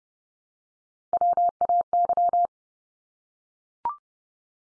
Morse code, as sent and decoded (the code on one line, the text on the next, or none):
.-- .- -.--
WAY